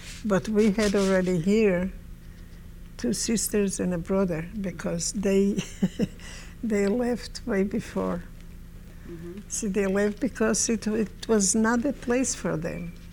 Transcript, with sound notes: But we had already here two sisters and a brother, because they, ( she laughs ) they left way before. See, they left because it was not the place for them.